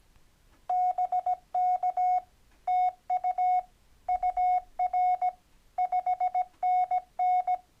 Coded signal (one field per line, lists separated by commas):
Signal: Morse code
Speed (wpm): 17 wpm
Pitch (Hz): 730 Hz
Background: none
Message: BK TU UR 5NN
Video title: Episode 7:Fast, Fun & Easy CW QSOs: Making Your First POTA Contact